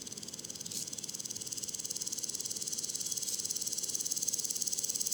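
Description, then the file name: Woodland grasshopper stridulating in a high, hissing, rapidly pulsed buzz that slowly swells, with a brief louder burst near the start. Duetting grasshoppers giving different long and short stridulations, recorded at le Puech, France, 32-bit, with a modified Telinga and Earsight omni microphone. "criquets noirs ebenes differentes stridulations longue breves criquets duettistes le Puech"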